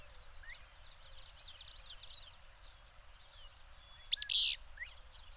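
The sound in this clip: Bird song: faint, busy twittering for several seconds, then two sharp high notes with a loud buzzy rasp, and a soft chip after.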